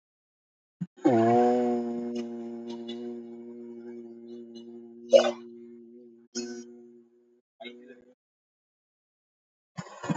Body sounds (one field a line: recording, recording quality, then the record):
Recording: sustained vowel as in boot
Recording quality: excellent, no background noise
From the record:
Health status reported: healthy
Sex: male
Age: 25 years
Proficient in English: yes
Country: India